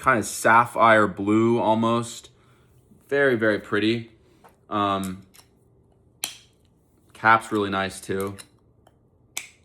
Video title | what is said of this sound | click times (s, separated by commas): ZAHAROFF SIGNATURE NOIR - mysterious sensual spicy freshness | Clicks into place and you just twist it to open it up. | 9.4 s